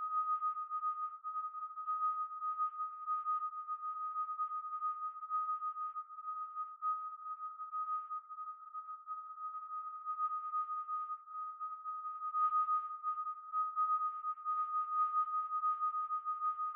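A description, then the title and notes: A steady, pure mid-high tone made by digitally processing a recording of Niagara Falls holds unbroken for the whole clip. Around it a faint fluttering shimmer comes and goes, swelling slightly after about twelve seconds before easing again. A three hour composition for headphones. The piece is tones, grumbles, wa-wa’s, groans, beats and other sounds created through digital signal processing of Niagara Falls.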